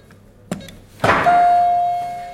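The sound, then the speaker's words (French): The door to writer Mona Chollet's apartment of about twenty square metres in the heart of the capital is opened: a sharp latch click, then a heavier clunk, followed by a steady ringing buzz-like tone that holds and slowly fades. No one speaks. “La porte est ouverte.”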